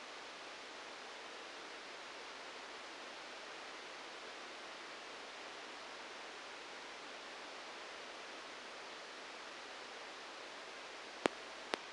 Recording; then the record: brain microelectrode recording played as sound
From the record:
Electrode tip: outside the subthalamic nucleus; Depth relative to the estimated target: -1 mm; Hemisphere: right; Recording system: NeuroSet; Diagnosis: Parkinson's disease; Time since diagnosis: 9 years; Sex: male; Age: 56 years